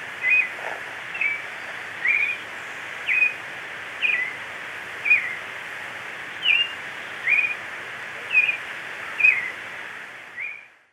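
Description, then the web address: Marañón thrush song: a steady series of short, clear, slurred whistled phrases over continuous hiss. Ecuador. "Birds of Ecuador 22 Maranon thrush"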